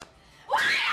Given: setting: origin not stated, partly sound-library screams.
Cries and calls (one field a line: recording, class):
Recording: one-second piece from a danger detection set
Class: woman in danger